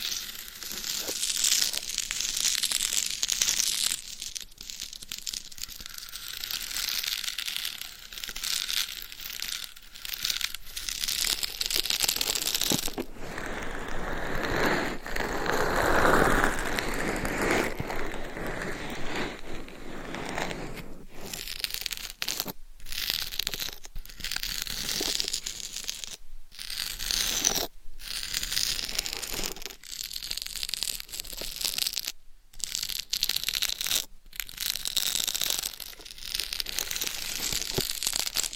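Gloved fingers and nails scratch and rub over a binaural mic in a dense, bright, crinkly texture that shifts in character. Around the middle the scratching turns smoother and fuller, and from about 21 seconds it breaks into short gaps and abrupt stops.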